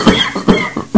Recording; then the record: coughing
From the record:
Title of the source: Spring Allergy Coughing